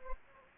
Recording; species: mosquito wingbeat signal from an infrared sensor; Anopheles gambiae